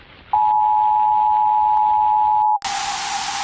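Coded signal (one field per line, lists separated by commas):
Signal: Emergency Alert System (SAME) tones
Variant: 853 and 960 Hz attention tone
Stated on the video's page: Fictional zombie outbreak EAS scenario in analog-horror style, possibly containing valid EAS tones.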